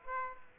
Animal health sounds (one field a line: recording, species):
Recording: mosquito wingbeat signal from an infrared sensor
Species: Aedes aegypti